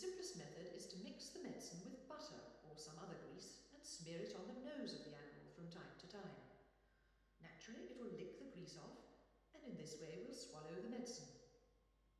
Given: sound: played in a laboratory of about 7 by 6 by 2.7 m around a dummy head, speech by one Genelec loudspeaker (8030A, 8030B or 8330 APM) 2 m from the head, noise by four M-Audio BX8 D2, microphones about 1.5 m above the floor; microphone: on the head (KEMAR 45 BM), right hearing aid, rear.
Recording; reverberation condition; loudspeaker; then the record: female speech in English; high; 120 degrees to the right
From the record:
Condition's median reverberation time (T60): about 1300 ms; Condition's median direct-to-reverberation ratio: about -4.0 dB